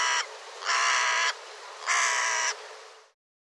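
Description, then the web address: Bird calling with coarse caw notes, one cut off at the start, then two full caws. "cianscape birddata Deverinetal 2025"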